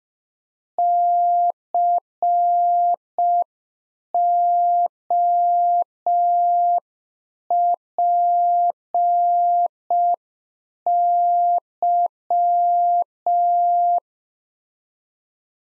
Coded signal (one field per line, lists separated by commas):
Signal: Morse code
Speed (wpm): 5 wpm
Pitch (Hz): 700 Hz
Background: none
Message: COPY